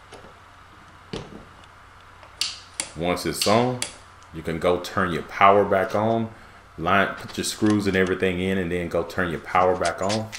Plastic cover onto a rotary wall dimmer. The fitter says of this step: make sure you line it up it can only go on one way and you're here snap into place